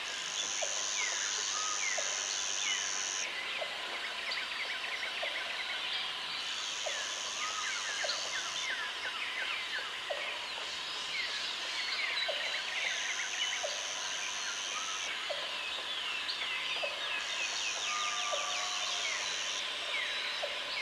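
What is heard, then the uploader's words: Jungle sounds form a dense, steady bed of chirps and calls across the upper range. A high insect-like buzz switches on and off about every five seconds, lasting a couple of seconds each time, while short lower calls repeat regularly underneath. Jungle Sounds White Noise.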